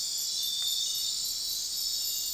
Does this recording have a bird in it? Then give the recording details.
no. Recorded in dense forest near Puerto Asís, Putumayo, Colombia, on 4 March 2025 at 03:30. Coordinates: 0.500, -76.322. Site GP06